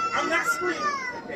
That's the sound of a baby crying on a plane. The tirade is unfolding on a Southwest flight from Baltimore to Orlando.